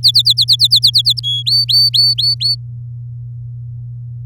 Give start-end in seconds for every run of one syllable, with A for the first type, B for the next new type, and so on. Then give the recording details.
0.03-1.20 A, 1.23-1.43 B, 1.46-2.56 C. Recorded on 8 May 2018 at 10:11. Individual llb16